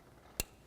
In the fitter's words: reconnecting your wiring listen for a click give it a tug